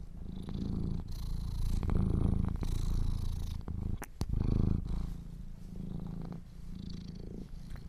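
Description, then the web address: Domestic cat purring in a deep continuous rumble that swells with each breath, broken by a couple of sharp clicks midway. Kittens purring. "sleepandrelaxasmr - The Purring Kittens"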